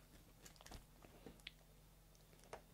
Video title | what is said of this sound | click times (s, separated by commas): Marvel Legends Wolverine Logan Bike Riders Wave Action Figure Review | And it does. It actually clicks into place. | 1.5 s